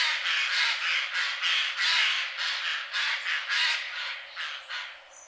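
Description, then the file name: Eurasian jay giving a rapid series of harsh, rasping screeches, fading slightly toward the end. "Garrulus glandarius"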